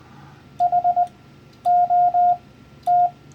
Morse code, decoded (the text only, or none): HOT